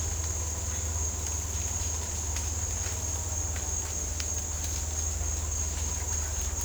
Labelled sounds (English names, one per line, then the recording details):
none
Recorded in dense forest near Puerto Asís, Putumayo, Colombia, on 21 December 2024 at 08:00
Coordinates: 0.466, -76.327
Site G075